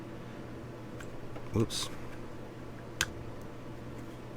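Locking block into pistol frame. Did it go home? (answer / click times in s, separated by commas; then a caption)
yes / 3.0 s. During reassembly of a Ruger SR9c, the locking block is placed into the pistol frame while someone talks, with faint ticks and handling sounds around it. A single sharp click at 3.0 s marks the locking block seating, and it is locked into place.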